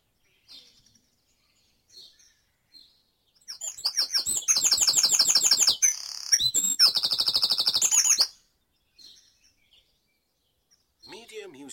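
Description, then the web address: Birds at dawn: scattered faint chirps, then a loud, fast rattling trill of high repeated notes lasting about five seconds, broken by brief pauses, before quieter chirps return. Bird in Mold, North Wales. "beanstalk-audio Dawn Chorus in Mold North Wales"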